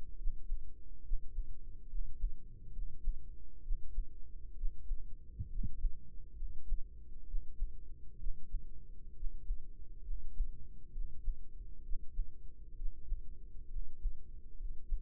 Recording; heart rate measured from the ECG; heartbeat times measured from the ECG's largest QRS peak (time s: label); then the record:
heart sounds by microphone in the right ear; 67 bpm
0.16 s: heartbeat
1.01 s: heartbeat
1.87 s: heartbeat
2.71 s: heartbeat
3.61 s: heartbeat
4.54 s: heartbeat
5.47 s: heartbeat
6.35 s: heartbeat
7.24 s: heartbeat
8.16 s: heartbeat
9.13 s: heartbeat
10.03 s: heartbeat
10.90 s: heartbeat
11.81 s: heartbeat
12.74 s: heartbeat
13.68 s: heartbeat
14.54 s: heartbeat
From the record:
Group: healthy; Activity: rest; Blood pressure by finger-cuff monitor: 117/70 mmHg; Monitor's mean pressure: 80 mmHg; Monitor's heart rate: 66 bpm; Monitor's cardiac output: 4.8 L/min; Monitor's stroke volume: 70 mL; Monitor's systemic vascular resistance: 1090 dyn s/cm5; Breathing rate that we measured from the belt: 15 breaths a minute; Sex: male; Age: 20 years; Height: 167 cm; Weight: 61 kg